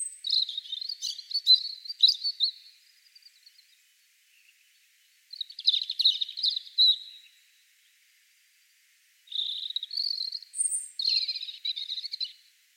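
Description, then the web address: European robin song: three separate phrases of high, thin, fast-changing warbles and trills, each pausing a couple of seconds before the next. "Deverinetal 2025 File origin Bird Only Er Ru"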